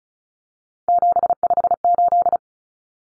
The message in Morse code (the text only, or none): 758